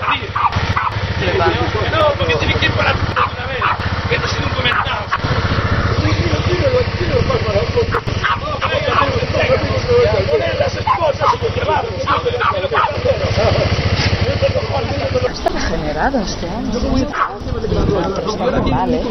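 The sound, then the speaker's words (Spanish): Motorcycle engines rev hard in a steady, rumbling drone, mixed with loud crowd chatter and overlapping voices for the whole stretch. “Vosotros reventáis motos para matarme.”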